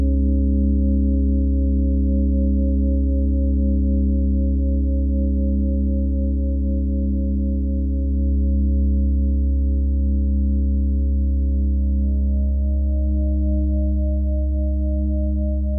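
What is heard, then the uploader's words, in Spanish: Singing bowls and a tuning fork hum together in a steady, low layered drone, with faint pitch shifts near twelve seconds and a brief higher tone. Diapasón y Cuencos.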